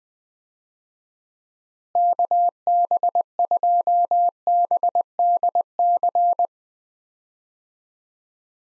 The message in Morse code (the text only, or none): KB2BDC